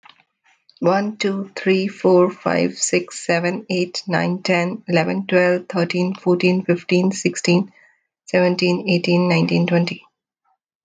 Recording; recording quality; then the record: counting at a normal pace; excellent, no background noise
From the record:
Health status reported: healthy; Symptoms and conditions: none ticked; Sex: female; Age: 36 years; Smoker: not ticked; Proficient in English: yes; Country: United States